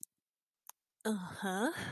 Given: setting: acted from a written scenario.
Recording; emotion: vocal sound without words; desire